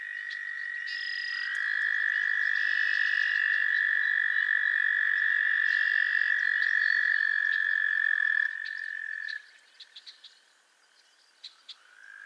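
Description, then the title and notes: Frogs calling in chorus, a long sustained trill lasting about eight seconds with a higher trill layered on it, then silence broken by scattered clicks. Chorus of frogs calling to one another on a summer evening at Miners Marsh, Annapolis Valley, Nova Scotia. "Theraphonia - Frogsong at Miners Marsh. A chorus of frogs croon to one another on an idyllic summer evening in Miners Marsh, Annapolis Valley, Nova Scotia"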